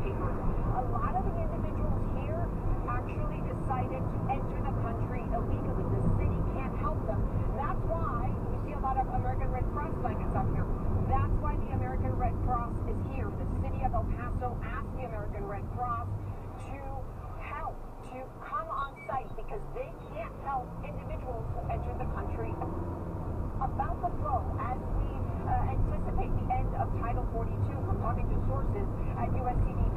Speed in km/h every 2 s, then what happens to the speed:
47, 48, 48, 48, 45, 42, 37, 27, 18, 3, 0, 8, 34, 37, 37.
0-6 steady at about 48. 6-19 brakes to 0. 19-21 standing. 21-30 pulls away to 37.